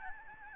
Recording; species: mosquito wingbeat signal from an infrared sensor; Aedes albopictus